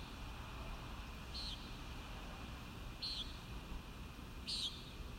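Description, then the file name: Common nighthawk calling three times, each a brief harsh buzzy peent about one and a half seconds apart, against a constant hum and low noise. Recorded at Kissimmee on 1 May 2019; the recording is labelled as noisy. "2019-05-01 Common Nighthawk Kissimmee"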